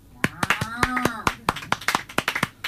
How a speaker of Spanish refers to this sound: Aplausos para el número 1